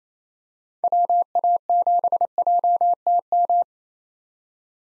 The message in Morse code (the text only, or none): WA7JTM